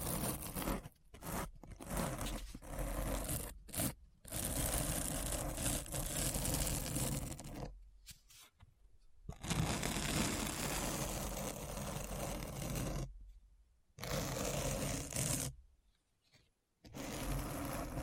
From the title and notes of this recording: ASMR Deep Brain Scratch (No Talking).